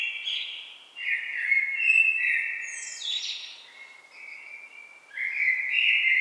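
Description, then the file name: Common blackbird song in near-continuous phrases: low, mellow fluted notes broken by a brief, high scratchy twitter midway, then another rich phrase. "Turdus merula"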